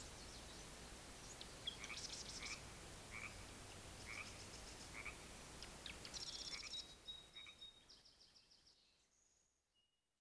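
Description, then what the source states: Frog croaks, a series of short raspy pulses, then a few brief high whistled tones as the sound fades out. Ambient field recording.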